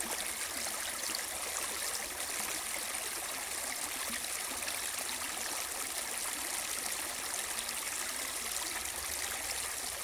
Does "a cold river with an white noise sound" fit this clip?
yes